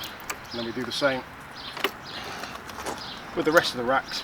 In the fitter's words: to put it in the hole twist in it then snaps in place then